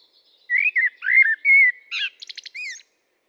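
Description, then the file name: Common blackbird song: a low fluted warble of several mellow notes, then a thin, squeaky twittering flourish at the end; nothing else audible. "Turdus merula"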